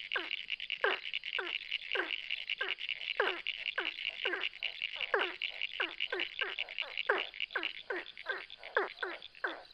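Ornate burrowing frog calls: a steady series of short falling notes above a continuous shrill trilling background.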